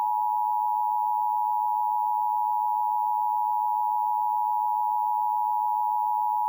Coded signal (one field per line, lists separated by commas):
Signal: Emergency Alert System (SAME) tones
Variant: 853 and 960 Hz attention tone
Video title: EAS Severe Thunderstorm Watch Aug 12 2023, 6:30 PM